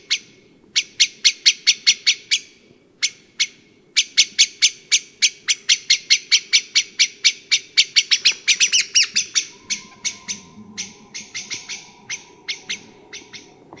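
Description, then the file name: Common blackbird calls: a long rapid rattle of sharp, clicking chinks, several a second with brief gaps, loosening toward the end, over a low hum. "Turdus merula"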